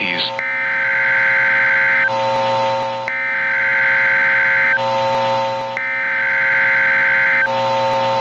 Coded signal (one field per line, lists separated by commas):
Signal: Emergency Alert System (SAME) tones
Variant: header bursts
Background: speech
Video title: PREVIEW: The Freezing One: Manipulated Nature - an EAS Scenario